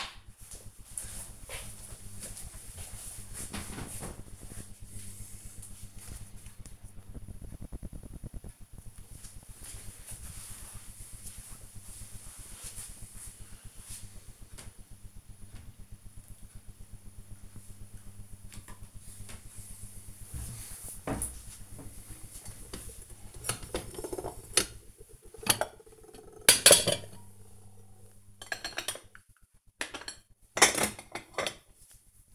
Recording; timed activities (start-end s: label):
household activities, microphone on the right wrist
18.35-32.34 s: putting away the dishes